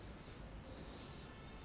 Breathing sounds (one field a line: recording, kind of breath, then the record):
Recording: one breath in and out by a microphone near the nose and mouth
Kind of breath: normal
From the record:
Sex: male